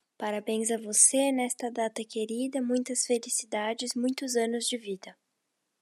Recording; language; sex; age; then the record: short text; Brazilian Portuguese; female; 18 to 19 years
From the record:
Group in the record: control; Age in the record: 18 years